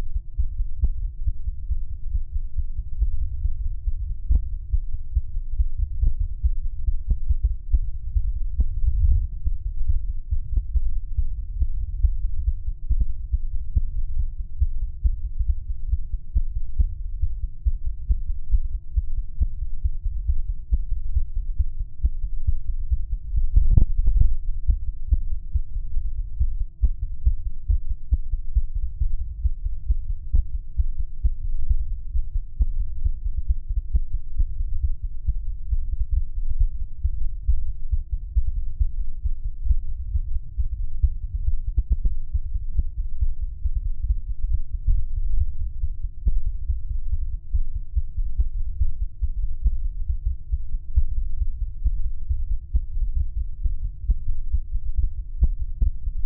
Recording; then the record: fetal heart sounds by stethoscope on the mother's abdomen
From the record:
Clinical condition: bleeding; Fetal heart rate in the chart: 148 bpm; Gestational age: 34 weeks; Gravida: 3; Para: 1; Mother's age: 23 years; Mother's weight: 49 kg